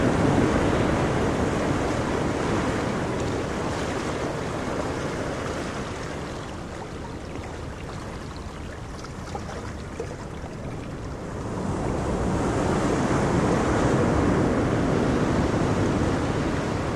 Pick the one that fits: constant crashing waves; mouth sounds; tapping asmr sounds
constant crashing waves